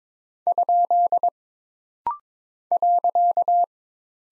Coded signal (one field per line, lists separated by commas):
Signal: Morse code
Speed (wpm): 23 wpm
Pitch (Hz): 700 Hz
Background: none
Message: ? .